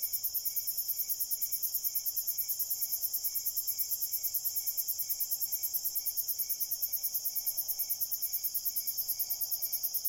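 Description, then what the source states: Cricket chorus of shrill, fast pulsing chirps at a steady even rhythm, several insects layered at different pitches, continuing unbroken. Crickets chirping at night in a cornfield.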